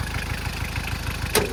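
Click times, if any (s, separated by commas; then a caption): 1.3 s. A push-fit washer spray part is pressed back into the body of a 1999 HM Trekker, an old jeep-type vehicle, with its engine idling steadily throughout. A sharp snap at 1.4 s marks the part locking into place, and it is seated.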